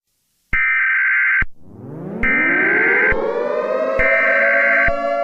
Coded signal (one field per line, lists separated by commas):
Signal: Emergency Alert System (SAME) tones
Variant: header bursts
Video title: Eas Mock: The Unknown Creature In Baltimore